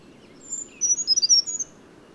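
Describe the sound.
Bird song: a short run of very high, thin whistled notes, level and slightly descending, about one second long, over a faint low background hum.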